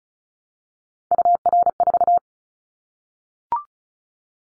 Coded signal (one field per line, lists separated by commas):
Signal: Morse code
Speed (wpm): 34 wpm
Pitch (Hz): 700 Hz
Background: none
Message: UR4